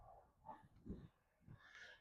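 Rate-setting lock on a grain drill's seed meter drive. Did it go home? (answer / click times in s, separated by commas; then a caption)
no / none. Metal setting pieces on the rate-setting lock of a 15 ft John Deere 1590 grain drill's seed meter drive are pushed in to lock the feed rate, making dull metal handling knocks around 0.5, 0.9 and 1.5 seconds. Nothing has seated or clicked yet, and the pieces fail to lock in.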